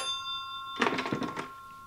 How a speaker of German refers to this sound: An diesem Tag läutete in einem Londoner Polizeirevier das Telefon. Der Wachhabende nahm den Hörer ab.